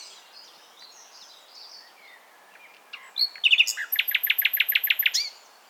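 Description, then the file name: Common nightingale song: soft, scattered high chirps, then a loud run of sharp, rapidly repeated notes, ending abruptly. "Luscinia megarhynchos"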